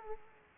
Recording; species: mosquito wingbeat signal from an infrared sensor; Aedes aegypti